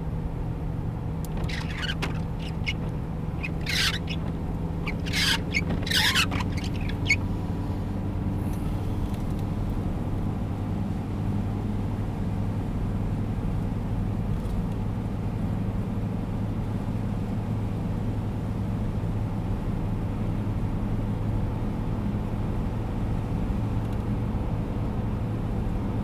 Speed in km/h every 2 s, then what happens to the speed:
88, 89, 93, 96, 99, 101, 103, 104, 105, 106, 107, 107, 108.
0-12 speeds up to 103. 12-26 steady at about 106.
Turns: none.